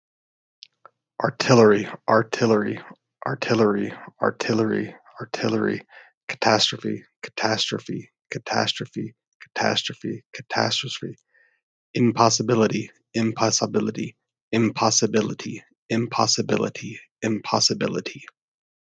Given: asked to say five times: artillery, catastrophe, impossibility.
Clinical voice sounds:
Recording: three words, each repeated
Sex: male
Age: 30 to 39 years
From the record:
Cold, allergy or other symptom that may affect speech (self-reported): no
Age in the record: 32 years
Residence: Missouri, United States

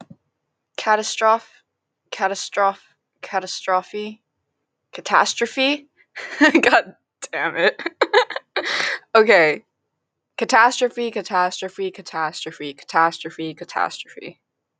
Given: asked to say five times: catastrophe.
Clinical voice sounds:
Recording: repeated word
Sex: female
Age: 18 to 19 years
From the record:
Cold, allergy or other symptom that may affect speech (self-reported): no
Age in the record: 18 years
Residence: Kentucky, United States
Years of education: 1

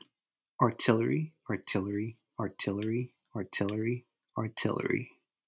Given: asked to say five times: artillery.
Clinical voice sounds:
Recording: repeated word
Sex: male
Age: 20 to 29 years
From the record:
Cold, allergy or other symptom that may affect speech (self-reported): no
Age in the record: 29 years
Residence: California, United States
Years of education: 4

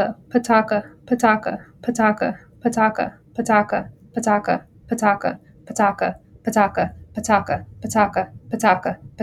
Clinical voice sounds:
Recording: repeated syllables /pa ta ka/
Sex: female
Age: 30 to 39 years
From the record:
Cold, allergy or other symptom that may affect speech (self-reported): no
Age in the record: 31 years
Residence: Delaware, United States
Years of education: 19

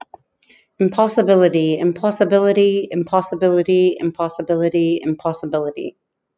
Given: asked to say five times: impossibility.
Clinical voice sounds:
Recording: repeated word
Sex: female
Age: 40 to 49 years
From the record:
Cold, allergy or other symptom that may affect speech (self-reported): no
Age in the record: 44 years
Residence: Colorado, United States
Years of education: 13

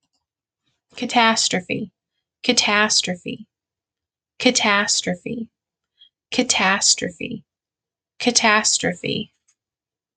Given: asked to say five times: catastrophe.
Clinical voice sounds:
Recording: repeated word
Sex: female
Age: 30 to 39 years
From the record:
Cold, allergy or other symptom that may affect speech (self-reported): no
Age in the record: 32 years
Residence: Indiana, United States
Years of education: 14

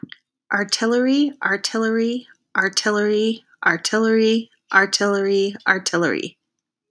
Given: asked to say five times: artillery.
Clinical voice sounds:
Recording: repeated word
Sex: female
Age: 30 to 39 years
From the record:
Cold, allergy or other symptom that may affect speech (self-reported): no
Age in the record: 34 years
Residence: Utah, United States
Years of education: 16

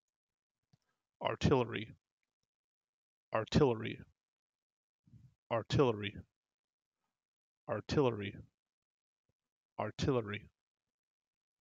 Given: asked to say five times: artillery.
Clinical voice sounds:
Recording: repeated word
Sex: male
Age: 30 to 39 years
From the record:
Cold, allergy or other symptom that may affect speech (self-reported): no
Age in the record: 39 years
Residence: New York, United States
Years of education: 14

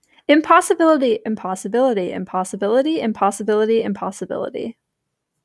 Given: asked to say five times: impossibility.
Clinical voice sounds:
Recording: repeated word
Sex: female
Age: 20 to 29 years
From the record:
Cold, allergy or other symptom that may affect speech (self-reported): no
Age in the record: 21 years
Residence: Virginia, United States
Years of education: 16

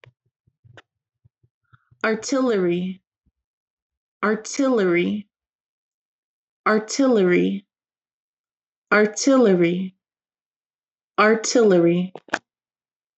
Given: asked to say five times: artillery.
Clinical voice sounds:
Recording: repeated word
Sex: female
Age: 20 to 29 years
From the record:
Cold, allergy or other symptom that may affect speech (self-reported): no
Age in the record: 28 years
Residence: Alabama, United States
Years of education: 13

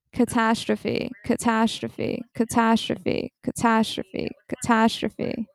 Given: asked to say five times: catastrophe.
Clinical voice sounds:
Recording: repeated word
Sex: female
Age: 20 to 29 years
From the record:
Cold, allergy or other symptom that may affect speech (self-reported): no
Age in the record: 24 years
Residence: New Jersey, United States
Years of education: 18

